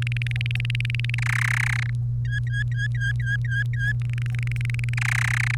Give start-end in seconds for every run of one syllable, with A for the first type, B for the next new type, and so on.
0.02-1.15 A, 1.18-1.90 B, 2.25-3.92 C, 4.01-4.94 A, 4.97-5.55 B